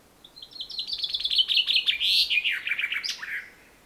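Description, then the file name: Common chaffinch song: a rapid series of bright notes dropping gradually in pitch, speeding into a trill and ending with a short emphatic flourish, lasting about three seconds. "Fringilla coelebs"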